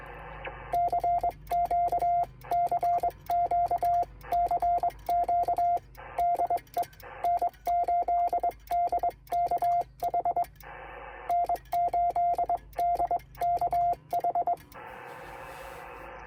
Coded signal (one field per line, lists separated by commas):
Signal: Morse code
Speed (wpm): 23 wpm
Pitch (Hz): 700 Hz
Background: radio noise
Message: CQ CQ CQ DE N8DKH N8DKH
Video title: Unsuccessful QSO (contact) attempt on 15 m via CW